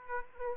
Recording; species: mosquito wingbeat signal from an infrared sensor; Aedes aegypti